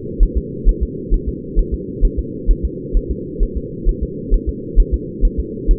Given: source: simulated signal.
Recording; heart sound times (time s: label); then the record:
fetal heart sounds
0.23 s: S1
0.38 s: S2
0.69 s: S1
0.83 s: S2
1.14 s: S1
1.28 s: S2
1.59 s: S1
1.74 s: S2
2.05 s: S1
2.19 s: S2
2.51 s: S1
2.65 s: S2
2.97 s: S1
3.11 s: S2
3.43 s: S1
3.57 s: S2
3.89 s: S1
4.03 s: S2
4.34 s: S1
4.49 s: S2
4.80 s: S1
4.94 s: S2
5.25 s: S1
5.40 s: S2
5.71 s: S1
From the record:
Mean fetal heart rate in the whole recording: 130 bpm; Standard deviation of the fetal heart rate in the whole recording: 2 bpm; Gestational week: 38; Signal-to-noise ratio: -4.1 dB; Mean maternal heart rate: no maternal heart sound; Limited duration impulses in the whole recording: absent